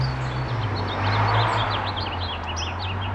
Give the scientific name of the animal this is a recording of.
Haemorhous mexicanus